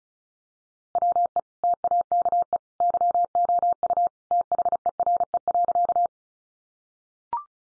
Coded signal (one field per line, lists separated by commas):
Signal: Morse code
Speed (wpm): 34 wpm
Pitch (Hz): 700 Hz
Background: none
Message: WE TAKE YOU THERE.